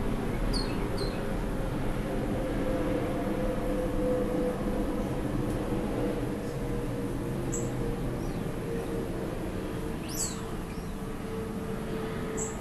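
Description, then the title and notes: Birds calling with a few sharp high chirps and downslurred notes, spaced irregularly, over a constant low engine rumble with a faint steady hum. Birds recorded with a plane on 30 August 2020. "8-30-20 The Birds & the plane by Juraj Kojš"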